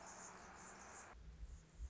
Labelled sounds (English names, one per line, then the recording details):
Anna's Hummingbird
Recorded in Sonoma County, California